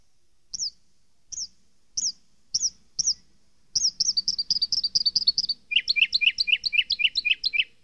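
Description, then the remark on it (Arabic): A small bird chirps while building itself a new nest: five separate high, bright chirps, then a quick run of rapid repeated notes that shifts into a faster, two-toned chirping trill. No one speaks. “إنه يبني لنفسه عشا جديدا.”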